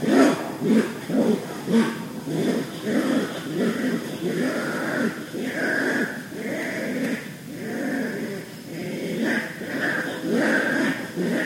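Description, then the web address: Raccoon calls, irregular runs of low, harmonic churring notes repeated in quick succession, some phrases rising and falling, with a faint higher tone over parts. Recorded on 4 June 2011. "Raccoon 2011 06 04"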